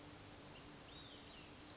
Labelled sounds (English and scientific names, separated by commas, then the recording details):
Olive-sided Flycatcher (Contopus cooperi)
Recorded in Sonoma County, California